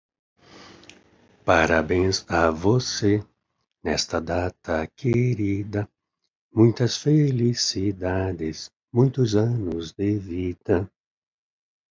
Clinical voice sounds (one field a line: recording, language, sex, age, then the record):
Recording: short text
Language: Brazilian Portuguese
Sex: male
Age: 60 to 69 years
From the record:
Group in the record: control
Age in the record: 68 years